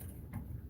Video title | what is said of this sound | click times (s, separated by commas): findfixxflip is live! | lock in hear that click | 0.3 s